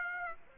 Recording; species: mosquito wingbeat signal from an infrared sensor; Aedes aegypti